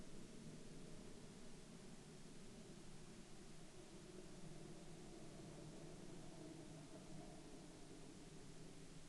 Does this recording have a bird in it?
no